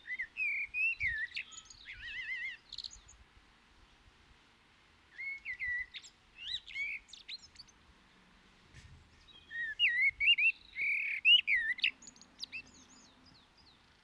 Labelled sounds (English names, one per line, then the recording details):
Common Blackbird song
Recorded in the wild
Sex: male
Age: adult
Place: Garmisch-Partenkirchen, Bayern, DE
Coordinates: 47.4892, 11.1514
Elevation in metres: 936
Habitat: mountains
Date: 1973-04-28
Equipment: Nagra IV, Sennheiser MKH 405, Parabolreflektor
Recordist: Tretzel, Erwin